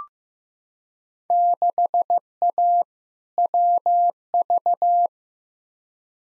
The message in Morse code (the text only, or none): 6A WV